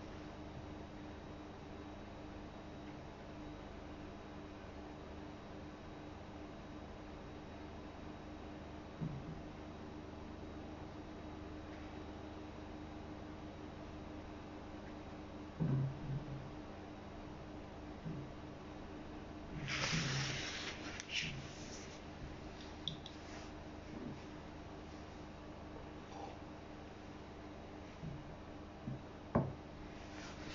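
Someone reads a book's preface and copies out a passage. A steady low hum runs throughout, with sparse soft knocks and scrapes from about nine seconds on. Near twenty seconds a brief rustling burst stands out, followed by a few small taps toward the end.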